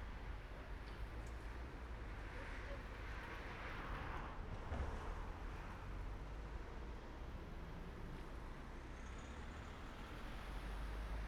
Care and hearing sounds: everyday scene through a hearing-aid microphone; in traffic; traffic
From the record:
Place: main road on the outskirts, rush hour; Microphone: behind the ear, right, front

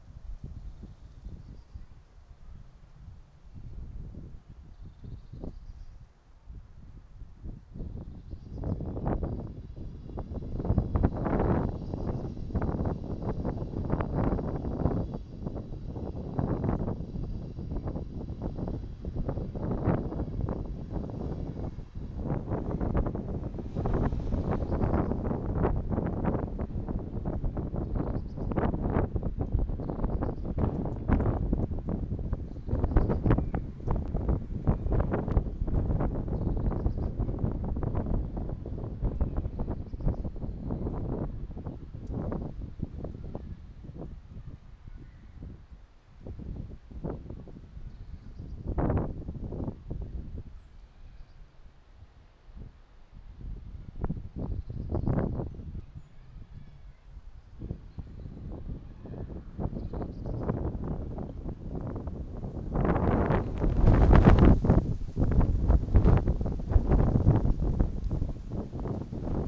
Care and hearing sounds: everyday scene through a hearing-aid microphone; wind on the microphone; squally wind, voices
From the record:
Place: parking lot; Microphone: in the ear canal, right

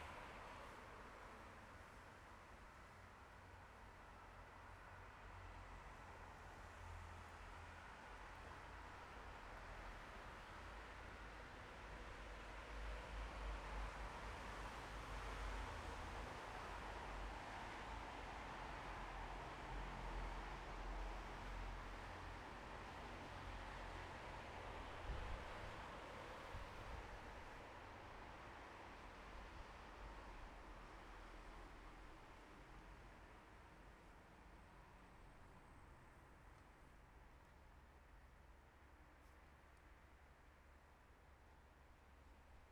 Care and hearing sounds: everyday scene through a hearing-aid microphone; in traffic; traffic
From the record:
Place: bus stop on a city main road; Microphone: behind the ear, left, front

